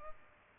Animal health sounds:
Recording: mosquito wingbeat signal from an infrared sensor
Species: Culex pipiens

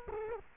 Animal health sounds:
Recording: mosquito wingbeat signal from an infrared sensor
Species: Culex quinquefasciatus

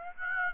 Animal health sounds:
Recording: mosquito wingbeat signal from an infrared sensor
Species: Aedes aegypti

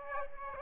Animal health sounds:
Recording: mosquito wingbeat signal from an infrared sensor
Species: Aedes albopictus

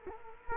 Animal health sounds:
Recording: mosquito wingbeat signal from an infrared sensor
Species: Culex quinquefasciatus

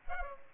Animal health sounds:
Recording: mosquito wingbeat signal from an infrared sensor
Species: Culex pipiens

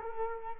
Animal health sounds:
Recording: mosquito wingbeat signal from an infrared sensor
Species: Culex quinquefasciatus

